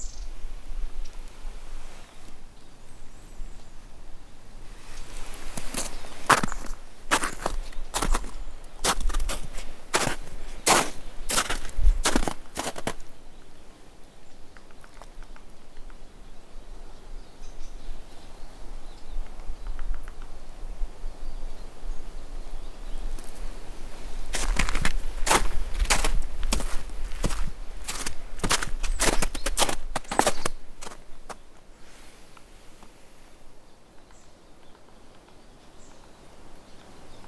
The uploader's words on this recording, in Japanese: 野鳥のさえずり。お散歩道の自然の音。